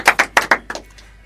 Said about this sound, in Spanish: Ya empecé a aplaudir, pero. Bueno, entonces sí.